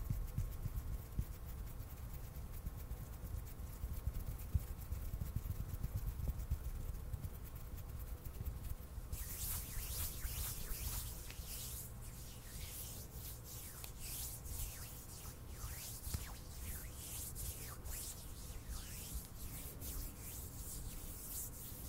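Intense hand sounds: a low, steady rumble for about nine seconds, then bright, scratchy rubbing strokes repeating quickly until the end.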